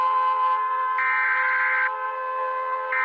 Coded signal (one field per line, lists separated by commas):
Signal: Emergency Alert System (SAME) tones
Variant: header bursts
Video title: desmitiendo alarmas de los terrritorios britanicos #eas